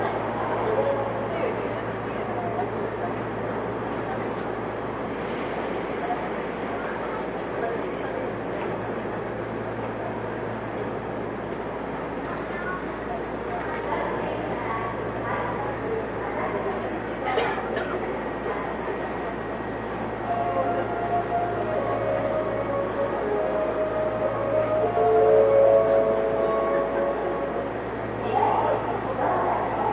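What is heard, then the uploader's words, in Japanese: A Yokohama Municipal Subway 3000R train rolls along with a steady low hum and rumble, murmured voices, and brief tones near the end. 横浜市営地下鉄3000R形 関内〜あざみ野。関内からの停車駅は桜木町、横浜、新横浜、新羽、新羽から終点あざみ野までの各駅となっている。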